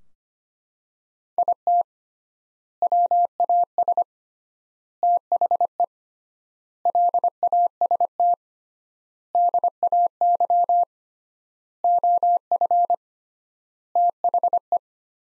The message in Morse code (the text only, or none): IT WAS THE LAST DAY OF THE